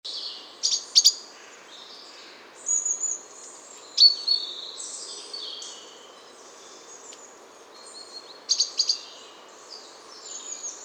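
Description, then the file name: Great tit giving high, thin chirps and short sharp call notes in scattered clusters, with brief pauses between them. "Parus major"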